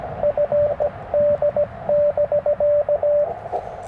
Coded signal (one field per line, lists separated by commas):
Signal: Morse code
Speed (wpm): 20 wpm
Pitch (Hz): 600 Hz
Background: radio noise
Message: FD<BK>